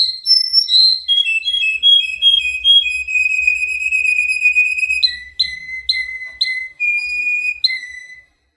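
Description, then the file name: Canary song opening with quick falling whistles, holding one long steady tone, then repeating short swooping notes in quick succession before ending on a shorter held tone and a falling note. Russian canary. "kenari rusia omkicau"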